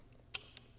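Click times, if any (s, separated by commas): 0.3 s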